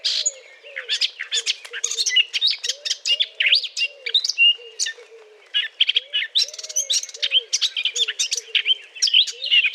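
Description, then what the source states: Eurasian blackcap singing a fast, dense warbling song of scratchy, twittering notes, with faint low notes repeating underneath throughout. Courtship song.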